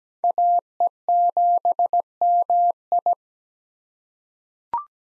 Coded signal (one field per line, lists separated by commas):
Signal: Morse code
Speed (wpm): 17 wpm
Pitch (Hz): 700 Hz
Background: none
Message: AE7MI